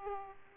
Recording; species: mosquito wingbeat signal from an infrared sensor; Aedes aegypti